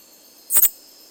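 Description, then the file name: Katydid Promeca borneana making a single short, high-pitched double tick, two quick pulses, against soft steady hiss. 27 April 1993; whole call sequence, kept as a voucher. "27041993 ganze Sequenz Beleg Promecaborneana"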